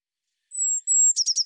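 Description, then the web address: Eurasian blue tit call: two thin, very high drawn-out whistles running straight into a quick series of scratchy churring notes. "cianscape birddata Deverinetal 2025 File cleaned normalized Bird Cy Ca"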